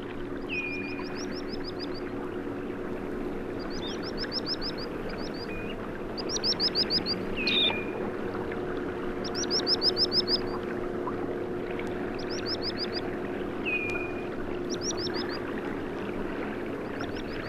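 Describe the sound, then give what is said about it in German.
Dunlin, common ringed plover and little ringed plover calls ring out in short, high, rapid trilled bursts every couple of seconds, with a few clear whistled notes, over a steady low droning hum. “Im Hintergrund Alpenstrandläufer, Sand- und Flussregenpfeifer.”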